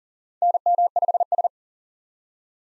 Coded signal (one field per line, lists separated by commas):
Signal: Morse code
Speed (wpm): 40 wpm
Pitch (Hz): 700 Hz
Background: none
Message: NM5S